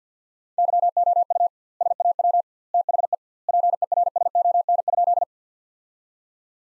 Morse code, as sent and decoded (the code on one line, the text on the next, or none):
-.-- --- ..- / ... .- .-- / - .... . / .--. . .-. ... --- -. ..--..
YOU SAW THE PERSON?